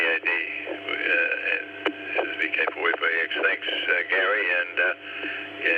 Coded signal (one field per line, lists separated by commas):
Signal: Emergency Alert System (SAME) tones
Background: speech